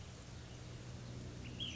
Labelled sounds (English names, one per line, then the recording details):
Ash-throated Flycatcher
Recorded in Sonoma County, California